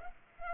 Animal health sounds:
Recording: mosquito wingbeat signal from an infrared sensor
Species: Culex pipiens

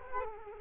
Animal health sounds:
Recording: mosquito wingbeat signal from an infrared sensor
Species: Culex quinquefasciatus

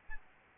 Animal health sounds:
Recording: mosquito wingbeat signal from an infrared sensor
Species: Aedes albopictus

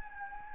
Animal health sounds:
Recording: mosquito wingbeat signal from an infrared sensor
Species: Anopheles gambiae

